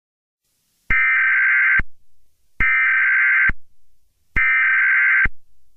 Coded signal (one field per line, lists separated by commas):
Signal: Emergency Alert System (SAME) tones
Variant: header bursts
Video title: EAS scenario 5: Herobrine 2: We are under attack